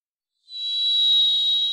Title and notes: Varied Thrush, clean. Varied Thrush, Ixoreus naevius, song. Recorded in the beautiful Pacific Northwest, Washington, United States